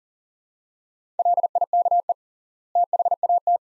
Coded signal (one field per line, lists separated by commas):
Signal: Morse code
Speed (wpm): 37 wpm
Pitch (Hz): 700 Hz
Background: none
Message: LIKE THAT